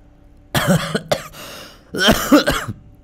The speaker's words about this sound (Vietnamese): Mẹ Vũ đột nhiên ho lên sù sụ.